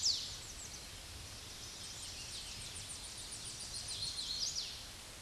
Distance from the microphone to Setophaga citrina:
about 40 m